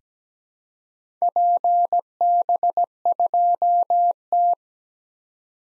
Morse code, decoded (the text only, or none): PB2T